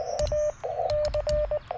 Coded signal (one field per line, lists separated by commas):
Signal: Morse code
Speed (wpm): 19 wpm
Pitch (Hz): 600 Hz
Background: none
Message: AC